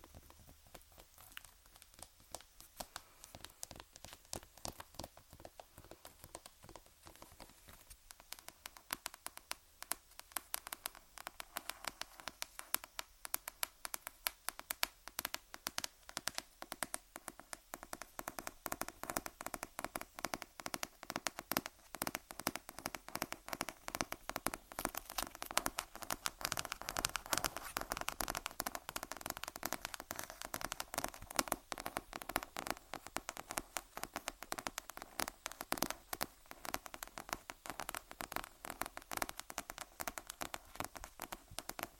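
Tapping on random objects makes a dense run of sharp, bright clicks with little low end. The taps are sparser and softer for the first fifteen seconds or so, then grow louder and more crowded, becoming a fast, crackling patter through the end.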